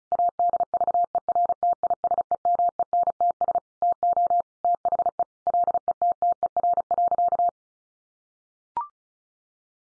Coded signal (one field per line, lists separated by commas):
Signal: Morse code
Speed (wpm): 34 wpm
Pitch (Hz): 700 Hz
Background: none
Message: ADVERTISEMENTS TO THE LETTER.